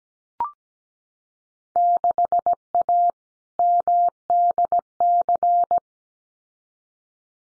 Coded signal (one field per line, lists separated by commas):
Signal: Morse code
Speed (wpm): 17 wpm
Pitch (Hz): 700 Hz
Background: none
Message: 6A MDC